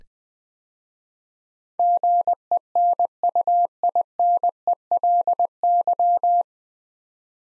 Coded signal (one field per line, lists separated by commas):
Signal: Morse code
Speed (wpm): 20 wpm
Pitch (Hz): 700 Hz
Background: none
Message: GENUINELY